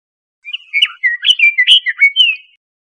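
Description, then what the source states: Bird calling with a quick, varied run of clear whistled and chattering notes, rising and falling, lasting about two seconds in otherwise quiet surroundings. Costa Rica.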